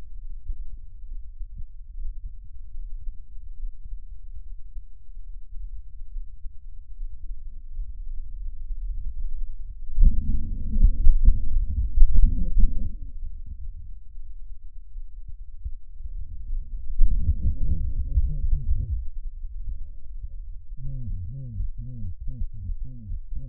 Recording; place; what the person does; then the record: lung sounds by stethoscope; right anterior apical chest; quiet breathing, then cough and speech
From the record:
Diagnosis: pulmonary infection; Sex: male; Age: 74 years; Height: 171 cm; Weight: 80 kg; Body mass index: 27.4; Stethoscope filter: bell mode